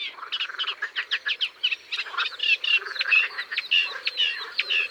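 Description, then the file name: Eurasian reed warbler churring song of harsh, rapid, repeated notes, with faint low croaks in the background. "Rousserolle effarvatte"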